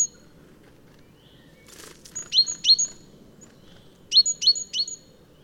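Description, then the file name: Great tit calls: sharp, high metallic notes in quick groups of two or three, given twice, over a steady low rumbling background. "Parus major"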